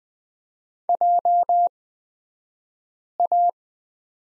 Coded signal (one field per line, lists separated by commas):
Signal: Morse code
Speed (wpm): 20 wpm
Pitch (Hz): 700 Hz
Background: none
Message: JA